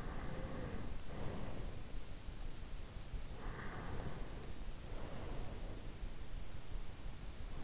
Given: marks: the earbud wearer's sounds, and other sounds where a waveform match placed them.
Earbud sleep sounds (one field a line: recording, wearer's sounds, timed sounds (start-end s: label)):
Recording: sounds in sleep by an in-ear microphone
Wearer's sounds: breath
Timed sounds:
0.00-2.23 s: breath
3.61-5.99 s: breath